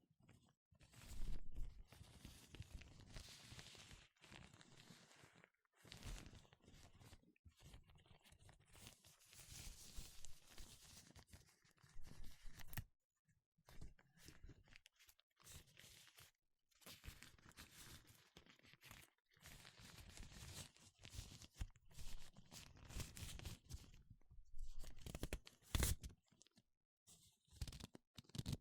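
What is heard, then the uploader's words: Gloves being handled, with bursts of rustling, crinkling and stretching that come in irregular clusters, broken by short silences and a sharp snap near 26 seconds. 5 different GLOVES Sounds. (No Talking).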